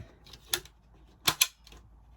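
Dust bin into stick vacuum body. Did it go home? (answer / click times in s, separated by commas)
yes / 0.5 s, 1.4 s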